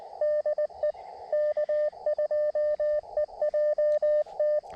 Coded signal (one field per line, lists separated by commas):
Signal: Morse code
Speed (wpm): 19 wpm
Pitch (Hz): 590 Hz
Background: radio noise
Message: DE K2EJT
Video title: A little CW POTA at K-2096 Letchworth State Park